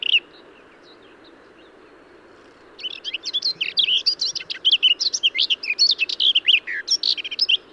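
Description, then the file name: Garden warbler with a short opening note, a pause, then an extended rapid warble of dense, varied notes, over a quiet continuous hum. "Garden-Warbler -Sylvia-borin"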